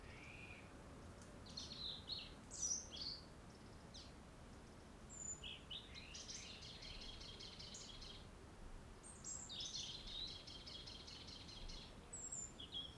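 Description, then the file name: European robin singing high, thin phrases that include rattling trills and wavering notes, in bursts with short pauses, against a steady hiss. "Erithacus rubecula"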